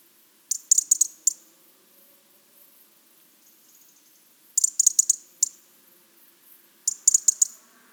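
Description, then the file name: European robin calls in three rattled bursts of sharp, high ticks with quiet gaps between them. "Erithacus rubecula"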